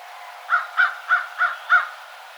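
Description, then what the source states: American crow cawing, five short harsh caws in a quick even series. Recorded 2007-03-12.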